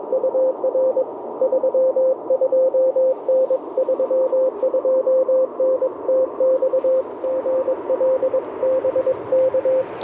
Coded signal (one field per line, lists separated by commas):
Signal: Morse code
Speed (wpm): 21 wpm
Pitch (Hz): 520 Hz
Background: radio noise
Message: UR 32N 32N TX GL BK